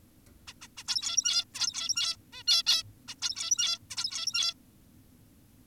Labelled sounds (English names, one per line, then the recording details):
Zebra Finch
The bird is an adult
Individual g17y2U